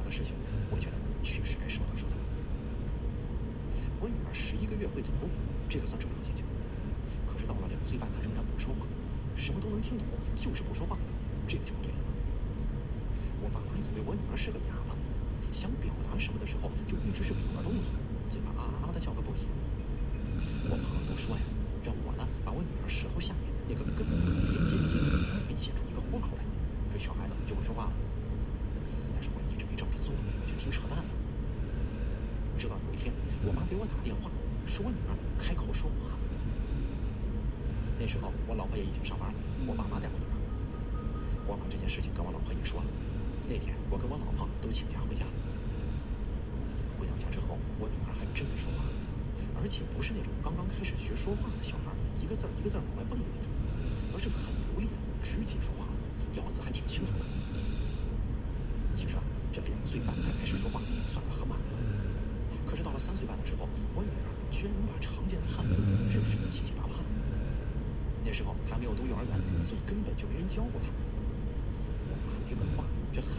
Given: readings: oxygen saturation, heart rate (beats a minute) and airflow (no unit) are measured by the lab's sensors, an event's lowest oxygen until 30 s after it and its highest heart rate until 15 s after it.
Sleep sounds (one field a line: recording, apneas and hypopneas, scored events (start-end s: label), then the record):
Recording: breathing in sleep by a smartphone at the bedside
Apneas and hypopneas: none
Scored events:
none scored
From the record:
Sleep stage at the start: N2 (light sleep)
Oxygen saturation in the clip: 92 to 94%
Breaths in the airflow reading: 24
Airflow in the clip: -2.0 to 3.6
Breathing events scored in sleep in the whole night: 335 in 6.7 hours asleep